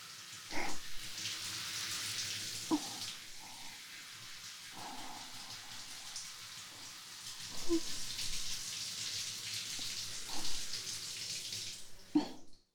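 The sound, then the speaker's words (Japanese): A steady hiss of shower water runs throughout, broken by occasional soft thumps and splashes as the warm spray shifts over hair, rinsing out shampoo. No one speaks. “はい、シャンプーは終わりです。それでは洗い流していきますね。”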